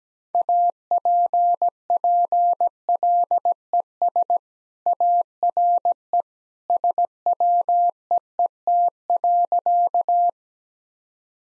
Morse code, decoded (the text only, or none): APPLES ARE SWEET.